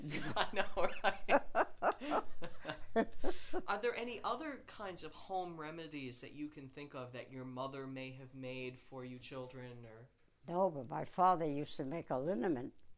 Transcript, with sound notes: I know, right. [Laughs] Are there any other kinds of home remedies that you can think of that your mother may have made for you children or —
No, but my father used to make a liniment